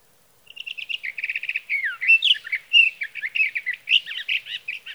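Sage thrasher song opening with quick repeated clipped notes, then rushing into a jumbled stream of whistled and slurred phrases that continues to the end.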